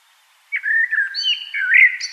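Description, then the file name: Common blackbird: one short, smooth fluting phrase that ends in a higher, squeaky twitter. "Turdus merula"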